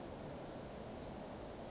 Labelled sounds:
Western Flycatcher (Empidonax difficilis)
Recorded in Sonoma County, California

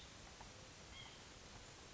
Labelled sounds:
White-breasted Nuthatch (Sitta carolinensis)
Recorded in Sonoma County, California

